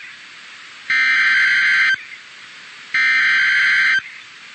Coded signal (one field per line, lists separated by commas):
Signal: Emergency Alert System (SAME) tones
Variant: header bursts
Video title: Severe Thunderstorm Warning from 6 June, 2026 (EAS #502)